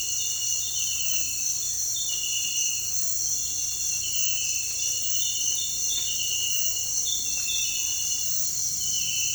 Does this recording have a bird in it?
no